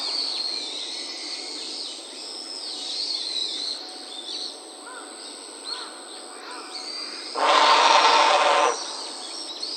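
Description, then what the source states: Great egret uttering a single rough, grating croak late on, after a stretch of soft high chirps from other birds and a constant thin hum. Recorded 19 November 2018.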